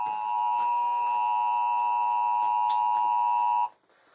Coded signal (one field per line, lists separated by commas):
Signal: Emergency Alert System (SAME) tones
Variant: 853 and 960 Hz attention tone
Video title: A SECOND SEVERE THUNDERSTORM WARNING?! (Weather/EAS #6)